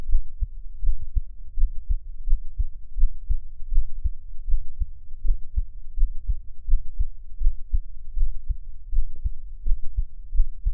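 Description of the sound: Steady, soft low thumps at about 81 beats a minute: an ordinary adult heartbeat heard up close, made for ASMR listening with no talking.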